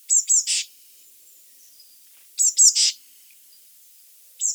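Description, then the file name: Eurasian blue tit giving high chip notes ending in a buzzy churr, phrases repeated roughly every two seconds over a quiet background. "Cyanistes caeruleus"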